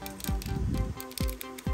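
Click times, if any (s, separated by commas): none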